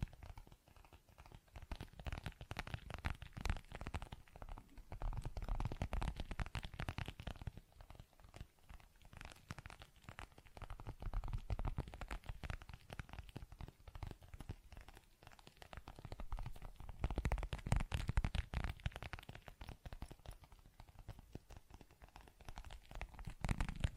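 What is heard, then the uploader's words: ASMR tapping and scratching, a dense run of quick, crackly clicks and rubs that never settles into a steady rhythm. The sound swells in busier bursts around five to seven seconds and again near seventeen to nineteen seconds, with a soft low rumble underneath. ASMR Tapping, Scratching & Zipper Sounds.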